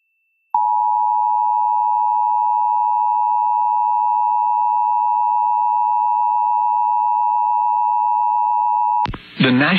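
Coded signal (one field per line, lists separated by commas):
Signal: Emergency Alert System (SAME) tones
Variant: 853 and 960 Hz attention tone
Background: speech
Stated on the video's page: Personally captured thunderstorm-related EAS alerts.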